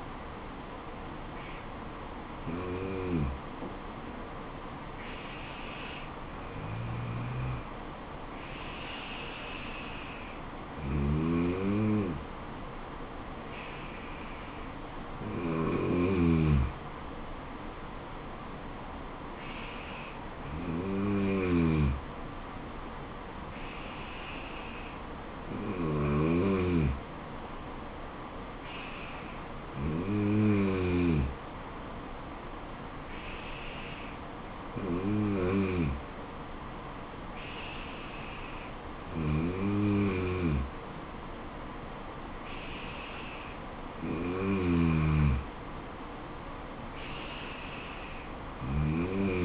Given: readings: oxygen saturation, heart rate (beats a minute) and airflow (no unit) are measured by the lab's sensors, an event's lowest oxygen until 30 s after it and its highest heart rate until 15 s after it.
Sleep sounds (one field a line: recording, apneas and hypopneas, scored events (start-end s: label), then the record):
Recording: breathing in sleep by a voice recorder at the bedside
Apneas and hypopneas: none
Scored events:
none scored
From the record:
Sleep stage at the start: N2 (light sleep)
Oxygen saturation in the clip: 93 to 94%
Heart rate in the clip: 70 to 77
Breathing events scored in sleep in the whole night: 426 in 7.4 hours asleep